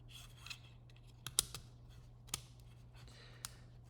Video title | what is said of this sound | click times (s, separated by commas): Installing Tyrant CNC IntelliFire trigger in a P365 XMacro | I heard that click, which means that that little spring there is good. | 1.4 s